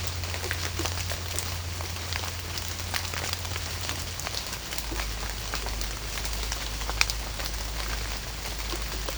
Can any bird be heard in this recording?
no